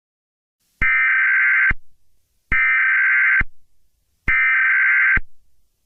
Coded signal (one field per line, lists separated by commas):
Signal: Emergency Alert System (SAME) tones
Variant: header bursts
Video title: ANARCHY: An EAS Scenario (feat. @Darklordjadow1)